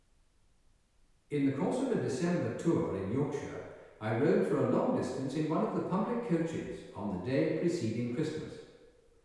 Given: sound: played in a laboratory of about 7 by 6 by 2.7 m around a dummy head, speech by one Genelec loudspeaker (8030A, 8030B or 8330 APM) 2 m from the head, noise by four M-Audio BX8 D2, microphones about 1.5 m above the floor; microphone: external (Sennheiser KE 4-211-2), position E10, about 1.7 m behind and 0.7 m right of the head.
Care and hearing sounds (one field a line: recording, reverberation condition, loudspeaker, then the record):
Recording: male speech in English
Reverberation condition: high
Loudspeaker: in front (0 degrees)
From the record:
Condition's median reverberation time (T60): about 1300 ms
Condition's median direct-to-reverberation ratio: about -4.0 dB